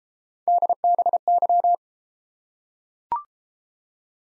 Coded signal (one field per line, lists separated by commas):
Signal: Morse code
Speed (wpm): 32 wpm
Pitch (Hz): 700 Hz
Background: none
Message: DBY